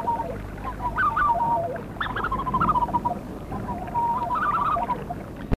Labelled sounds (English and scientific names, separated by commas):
Black-necked Swan (Cygnus melancoryphus) call